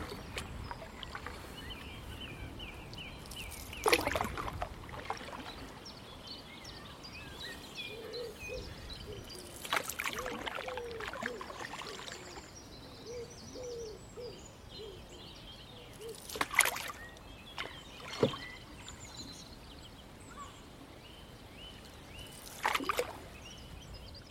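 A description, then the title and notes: A canoe paddles slowly up a river, each stroke a splashing dip and sweep at about 4, 10, 16, 18 and 23 seconds. Between strokes, birds chirp and trill steadily from the banks over a soft, low murmur of water. The soothing sounds of a canoe paddling up a river. You're in a canoe, paddling slowly upstream against a gentle current. The sounds of the oars dipping and sweeping is mesmeric – while birds sing from the tangles of scrub, willow and reeds that flank the waterway.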